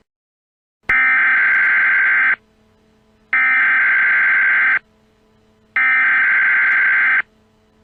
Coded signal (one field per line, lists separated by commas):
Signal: Emergency Alert System (SAME) tones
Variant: header bursts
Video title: EAS Scenario- Tyrone, PA Chemical Plant Disaster